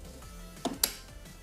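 A high pressure outlet hose is pressed into the metal outlet nozzle of an Agaro Alpha high pressure washer. A softer tap at 0.7 s is followed by a sharp, bright click at 0.8 s over a low steady hum. The hose is seated and fitted by itself, ready to use.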